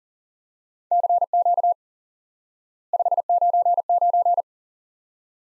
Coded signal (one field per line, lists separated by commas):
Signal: Morse code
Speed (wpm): 37 wpm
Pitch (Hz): 700 Hz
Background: none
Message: CQ 599